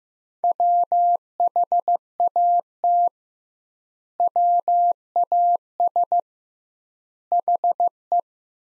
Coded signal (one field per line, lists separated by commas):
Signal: Morse code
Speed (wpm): 15 wpm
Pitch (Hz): 700 Hz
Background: none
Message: WHAT WAS HE